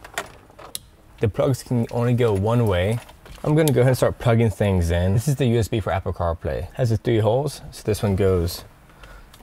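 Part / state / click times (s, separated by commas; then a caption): USB cable connector into head unit wiring harness plug / not seated / none. Someone talks while handling the USB lead for Apple CarPlay, lining it up with the matching three-hole plastic connector on the wiring harness plug of an Eonon head unit being installed in a 2007-2014 Chevy Tahoe. A few faint, brief handling ticks come through near the start and end of the speech. Nothing has seated or clicked yet.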